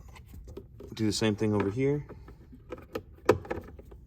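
A second plastic glove box stop for a 2001–2005 Honda Civic's glove box opening in the dashboard is handled on the other side, for a cabin air filter change. Someone talks briefly, and short plastic taps and handling clicks follow, the loudest at about 3.3 seconds. The stop has not snapped into its hole yet; nothing has seated.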